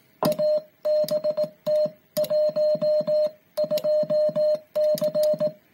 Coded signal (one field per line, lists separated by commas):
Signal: Morse code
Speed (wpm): 16 wpm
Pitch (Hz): 610 Hz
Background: music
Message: ABT 12C